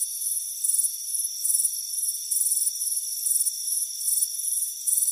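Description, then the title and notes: Shrill cricket chirping, short pulsed bursts repeating quickly above a continuous high-pitched ringing chorus. Chirping crickets on a warm afternoon on a front porch. "Soothing Crickets Chirping Sound. It's a warm afternoon as you relax in a hammock on the front porch. Relax and fall asleep to the soothing sound of chirping crickets. Deep Sleep Sounds"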